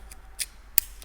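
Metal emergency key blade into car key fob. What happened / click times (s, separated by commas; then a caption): The metal key blade latched into the fob body / 0.8 s. A metal emergency key blade is slid back into a Mercedes car key fob body. A few faint ticks come at about 0.1, 0.4 and 1.0 s, and one sharp, loud click at 0.8 s marks the blade latching into place, fully seated.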